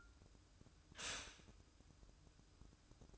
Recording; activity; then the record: daily activity, microphone in the room; stop toaster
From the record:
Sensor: 2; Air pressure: 1006.9 hPa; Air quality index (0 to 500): 42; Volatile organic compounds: 1 ppm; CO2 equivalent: 545 ppm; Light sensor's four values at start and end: 6/14/6/6 and 6/14/6/6